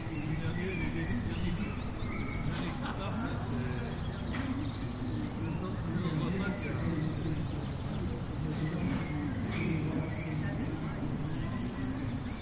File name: MZ-N 710 Grillons la Galicia re 24 05 14